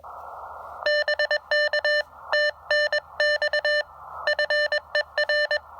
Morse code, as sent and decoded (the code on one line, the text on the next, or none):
-... -.- / - -. -..- / ..-. . .-.
BK TNX FER